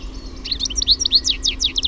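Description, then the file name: European goldfinch song fragment: a quick series of high, liquid chirping notes delivered in a short tumbling run. "TIKLI"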